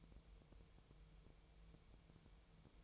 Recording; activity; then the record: daily activity, microphone in the room; take from stove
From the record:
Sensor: 1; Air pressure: 999.3 hPa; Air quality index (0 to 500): 200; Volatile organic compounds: 41 ppm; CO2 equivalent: 3163 ppm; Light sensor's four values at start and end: 9/22/8/9 and 9/22/8/9